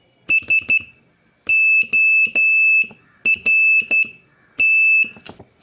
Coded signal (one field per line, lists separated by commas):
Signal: Morse code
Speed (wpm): 12 wpm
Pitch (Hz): 2650 Hz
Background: none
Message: SORT